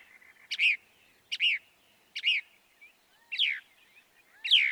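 Northern mockingbird song: a repeated downslurred whistled phrase, given five times about once a second, with faint notes between.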